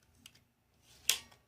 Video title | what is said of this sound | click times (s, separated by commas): My Ready Bag (Emergency Bag) | works very good folds out locks in place it | 1.1 s